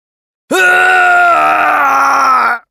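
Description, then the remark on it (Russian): A man lets out one loud, strained scream of pain and hatred as sharp jaws clamp on his arm and crush the bones, bursting in suddenly and holding a raw, steady pitch for about two seconds before breaking off. No words, only the cry. “Кричал он от боли и ненависти и сделал то, для чего пошел на этот безумный риск.”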